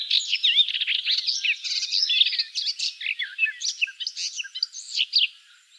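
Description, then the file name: Garden warbler song: sustained, rapid warbling of mellow chirps and slurs, continuous and fairly even, tailing off at the end. Recorded 19 May 2013. "19 05 2013 Gartengrasmuecke"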